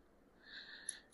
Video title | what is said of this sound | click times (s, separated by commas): How to Measure Main Bearing Without Plastigauge #howto | you're going to hear it kind of snap into place like that so I got that into place there now | 0.9 s